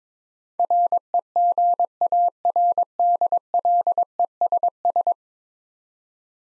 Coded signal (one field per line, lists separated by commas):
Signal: Morse code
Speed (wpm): 22 wpm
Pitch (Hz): 700 Hz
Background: none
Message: REGARDLESS